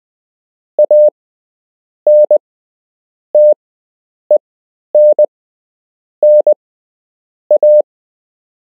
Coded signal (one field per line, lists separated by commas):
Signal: Morse code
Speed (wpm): 20 wpm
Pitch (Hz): 600 Hz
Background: none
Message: ANTENNA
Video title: You can learn Morse code - Part 3